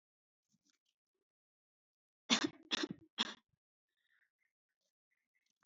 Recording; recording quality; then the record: shallow voluntary cough; moderate, slight background noise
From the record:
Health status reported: healthy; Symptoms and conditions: none ticked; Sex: female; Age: 29 years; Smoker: not ticked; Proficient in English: no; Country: India